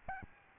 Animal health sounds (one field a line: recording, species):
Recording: mosquito wingbeat signal from an infrared sensor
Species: Aedes albopictus